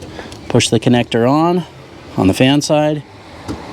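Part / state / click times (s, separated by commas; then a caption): wiring harness connector into radiator fan control module / not seated / none. Someone talks while the wiring harness connector is pushed onto the fan side of the radiator fan control module on a 2013 Ford Focus ST, replaced because the radiator fan was not coming on and the car was overheating. Only speech over a low, steady background hum is heard. Nothing has seated or clicked yet.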